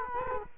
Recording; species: mosquito wingbeat signal from an infrared sensor; Culex quinquefasciatus